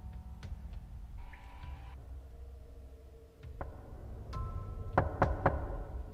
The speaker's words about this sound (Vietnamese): Mệt mỏi mang theo mớ suy nghĩ oái oăm trở lại giường, còn chưa kịp chợp mắt thì bất ngờ tiếng gõ cửa khô khốc lại một lần nữa vang lên.